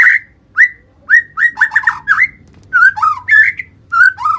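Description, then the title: White-rumped shama song: loud, rich whistled notes, some rising and some falling, mixed with quick warbled phrases in a varied, fast-paced run. "murai batu"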